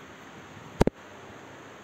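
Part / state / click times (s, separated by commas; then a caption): ratchet lock on laparoscopic needle holder handle / seated / 0.8 s, 0.9 s. The handles of a metal laparoscopic needle holder are closed until the ratchet lock on the handle engages. Two sharp clicks are heard at 0.8 s and 0.9 s over a steady background hiss, and the ratchet locks.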